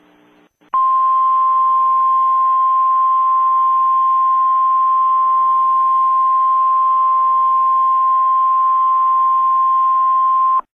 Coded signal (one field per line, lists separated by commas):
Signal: Emergency Alert System (SAME) tones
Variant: 1050 Hz attention tone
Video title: EAS Scenario - 5th Year Anniversary Scenario